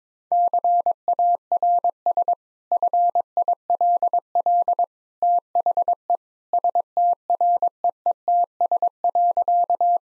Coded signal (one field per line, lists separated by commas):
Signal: Morse code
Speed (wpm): 22 wpm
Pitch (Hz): 700 Hz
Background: none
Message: CARS FILL THE STREETS.